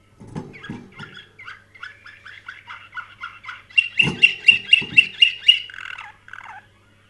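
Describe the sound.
Canary song opening with soft twittering notes, then a loud, rapid trill of repeated syllables about four per second, ending in a short falling warble.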